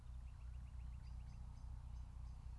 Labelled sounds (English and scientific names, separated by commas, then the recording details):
Common Blackbird (Turdus merula)
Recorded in Germany
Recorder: ecoPi